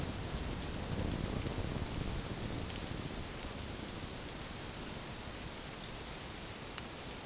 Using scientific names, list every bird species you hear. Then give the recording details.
none. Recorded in dense forest near Puerto Asís, Putumayo, Colombia, on 18 February 2024 at 13:30. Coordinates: 0.486, -76.316. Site G6437